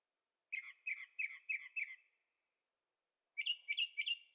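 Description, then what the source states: Bird song: a run of five quick whistled chirps, a pause, then a few higher, brighter chirps in rapid succession. Birds singing at night in Carefree, Arizona; recorded with a Zoom H6 and stereo microphones.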